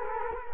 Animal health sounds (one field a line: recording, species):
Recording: mosquito wingbeat signal from an infrared sensor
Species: Culex quinquefasciatus